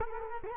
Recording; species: mosquito wingbeat signal from an infrared sensor; Culex quinquefasciatus